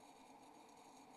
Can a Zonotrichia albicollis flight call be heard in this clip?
no